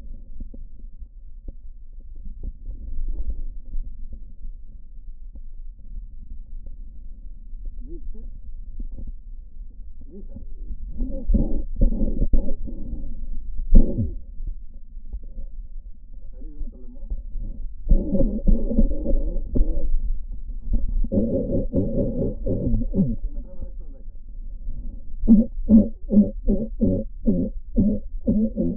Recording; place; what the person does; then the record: lung sounds by stethoscope; right posterior apical chest; quiet breathing, then cough and speech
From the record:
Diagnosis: pulmonary infection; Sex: male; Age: 74 years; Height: 171 cm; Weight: 80 kg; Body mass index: 27.4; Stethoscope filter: diaphragm mode